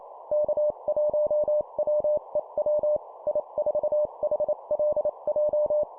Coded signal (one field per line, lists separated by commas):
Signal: Morse code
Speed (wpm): 28 wpm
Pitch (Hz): 600 Hz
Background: none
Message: K1WEW I4HLJ